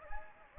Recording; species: mosquito wingbeat signal from an infrared sensor; Anopheles gambiae